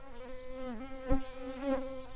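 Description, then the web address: Shrill carder bee buzzing with a steady low hum, dipping briefly in pitch and swelling in loudness a couple of times. Worker bees. "Sylvarum workers"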